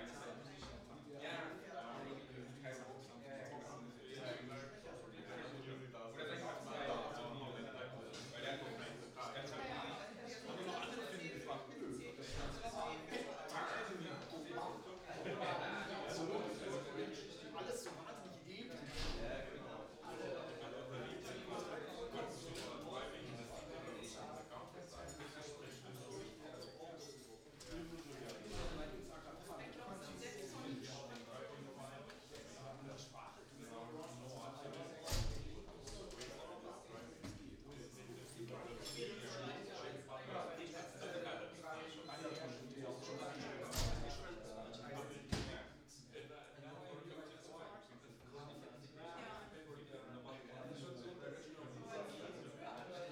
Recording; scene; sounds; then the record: everyday scene through a hearing-aid microphone; many people talking; many voices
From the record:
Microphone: in the ear canal, right